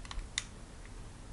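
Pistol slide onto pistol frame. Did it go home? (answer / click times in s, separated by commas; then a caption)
no / none. During reassembly of a KJW P229 airsoft gas blowback pistol, the metal slide is being pushed back onto the frame rails. Two faint ticks at about 0.1 s are followed by a sharp, bright click at 0.4 s, then quiet handling noise. The slide has not seated or clicked home yet.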